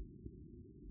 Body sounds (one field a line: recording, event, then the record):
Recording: neck accelerometer signal played as sound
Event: no cough (speech, laughter, throat clearing or background)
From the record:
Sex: female